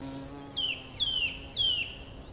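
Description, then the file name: Eurasian nuthatch calling with three clear whistled notes, each sliding sharply downward, spaced about half a second apart, over a faint steady low hum. "Sitta europaea"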